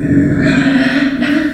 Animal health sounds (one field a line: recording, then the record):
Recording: squeal of a Yucatan mini pig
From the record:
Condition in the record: after surgery on the right vocal fold (resection and tissue-engineered implant)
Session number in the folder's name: 4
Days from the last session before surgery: 26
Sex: female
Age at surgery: 19 weeks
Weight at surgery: 25 kg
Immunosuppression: prednisolone